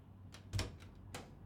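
A door is pushed shut with a dull, low thud, surrounded by a few softer clicks and knocks of the latch and handle, all fairly quiet with no voices.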